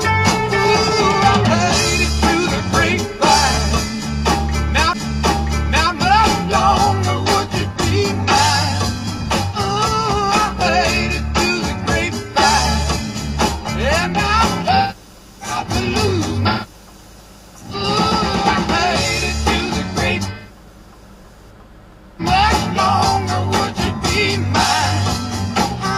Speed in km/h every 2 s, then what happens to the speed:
84, 77, 58, 40, 29, 16, 3, 0, 0, 0, 0, 0, 0.
0-13 brakes to 0. 13-26 standing.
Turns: none.